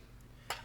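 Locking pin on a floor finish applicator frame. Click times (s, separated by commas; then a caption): 0.5 s. After the machine is lowered, the spring-loaded locking pin on a floor finish applicator frame drops back in and locks. A single sharp, bright click is heard at 0.5 s over a low, steady hum, and the pin is seated.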